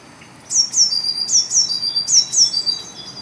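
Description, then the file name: Eurasian blue tit: three pairs of thin, high-pitched notes, each sliding steeply downward, over a faint steady hiss. "Cyanistes caeruleus"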